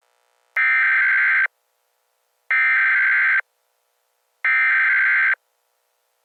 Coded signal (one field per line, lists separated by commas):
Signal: Emergency Alert System (SAME) tones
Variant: header bursts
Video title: stupid cat the giant with red dots rampage eas scenario merowing